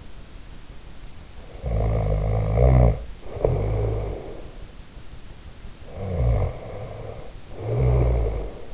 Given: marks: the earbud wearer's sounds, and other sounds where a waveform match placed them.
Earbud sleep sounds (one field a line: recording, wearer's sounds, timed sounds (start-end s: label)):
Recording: sounds in sleep by an in-ear microphone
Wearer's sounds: snoring breath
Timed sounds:
1.37-4.54 s: snoring breath
5.86-8.74 s: snoring breath